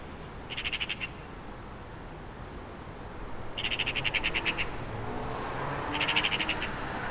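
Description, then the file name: Eurasian magpie chatter: three bursts of fast, harsh rattling notes, each up to about a second, over a steady low background rumble. "Pica pica"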